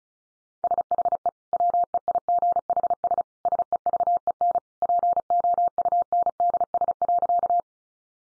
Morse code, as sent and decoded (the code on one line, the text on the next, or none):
... .... . / .-- . .. --. .... ... / ... . ...- . -. / .--. --- ..- -. -.. ... .-.-.-
SHE WEIGHS SEVEN POUNDS.